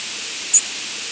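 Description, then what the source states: Chipping sparrow flight call: one very high, thin, split-second note midway through, standing out over a steady background hiss. Nocturnal flight call.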